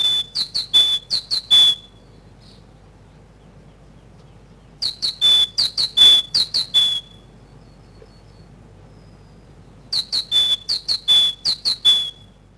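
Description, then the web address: Great tit song in three bursts of rhythmic two-note whistles, each burst lasting about two seconds with quiet gaps between. Recorded in spring. "vremena vesna sinica bolshaja"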